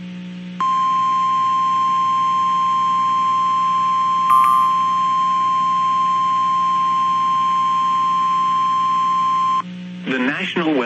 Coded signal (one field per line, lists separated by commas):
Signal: Emergency Alert System (SAME) tones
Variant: 1050 Hz attention tone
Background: speech